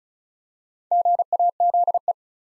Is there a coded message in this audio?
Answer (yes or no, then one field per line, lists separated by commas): yes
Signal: Morse code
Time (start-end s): 0.9-2.1 s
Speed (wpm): 34 wpm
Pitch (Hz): 700 Hz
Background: none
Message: GAZE